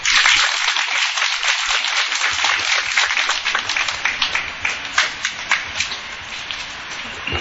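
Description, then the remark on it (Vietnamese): A crowd of Buddhist followers at Phước Hậu Pagoda applauds after a Dharma talk, many hands clapping steadily in a dense, hissing wash that stays loud throughout, with a few sharper individual claps standing out toward the end. “Xin mời Phật tử cho tràng pháo tay.”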